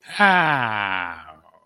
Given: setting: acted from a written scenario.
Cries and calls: vocal sound without words; adoration

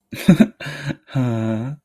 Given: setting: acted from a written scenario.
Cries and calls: vocal sound without words; romantic love

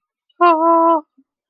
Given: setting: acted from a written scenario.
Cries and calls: vocal sound without words; elation

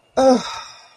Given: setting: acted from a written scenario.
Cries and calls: vocal sound without words; relief

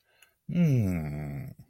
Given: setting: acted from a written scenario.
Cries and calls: vocal sound without words; serenity

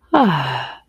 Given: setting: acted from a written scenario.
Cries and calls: vocal sound without words; contentment

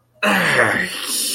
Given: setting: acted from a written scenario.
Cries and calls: vocal sound without words; pain

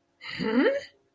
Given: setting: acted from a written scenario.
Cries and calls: vocal sound without words; confusion

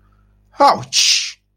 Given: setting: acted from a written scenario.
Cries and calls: vocal sound without words; pain

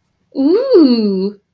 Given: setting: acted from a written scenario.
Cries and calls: vocal sound without words; interest

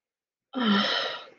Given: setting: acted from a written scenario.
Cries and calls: vocal sound without words; romantic love

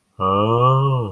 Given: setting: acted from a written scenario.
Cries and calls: vocal sound without words; awe

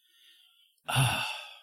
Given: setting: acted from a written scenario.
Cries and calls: vocal sound without words; serenity

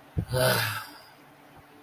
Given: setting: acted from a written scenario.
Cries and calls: vocal sound without words; contempt

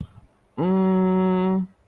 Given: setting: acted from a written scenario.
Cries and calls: vocal sound without words; confusion

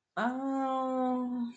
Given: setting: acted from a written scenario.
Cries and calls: vocal sound without words; guilt

